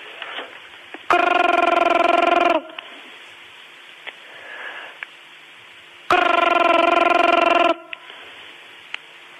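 A telephone rings twice, each ring a loud, steady, buzzy tone lasting about a second and a half, with a few seconds of near silence between them and no voices.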